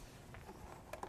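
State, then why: Not seated. A plastic cabin air filter access cover is handled against the filter housing behind the glovebox, after the new cabin air filter has gone back in, with light plastic taps and rattles at about 0.4, 0.9 and 1.0 s. The cover has not seated or clicked into place yet when the clip ends.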